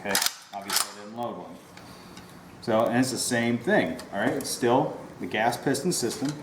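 A box magazine is released and rocked back out of the magazine well of a Ruger Mini-14 rifle chambered in .223, and the latch gives sharp metallic clicks at 0.2 s and 0.3 s as it lets go. Someone then talks over quieter handling sounds.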